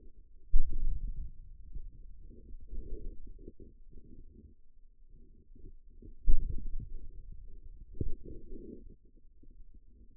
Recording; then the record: forearm muscle sounds (acoustic myography)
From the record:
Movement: wrist flexion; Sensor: system 2, bracelet of six BSWA MPA416 microphones around the upper forearm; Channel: 4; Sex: male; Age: 22 years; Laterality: right